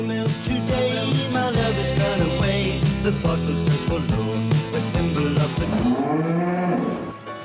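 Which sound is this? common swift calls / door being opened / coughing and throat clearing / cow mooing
cow mooing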